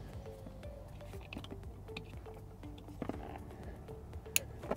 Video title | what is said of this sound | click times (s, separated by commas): Mini Dash Display (HUD) for Tesla Mode 3&Y | like so make sure you hear it click | 4.4 s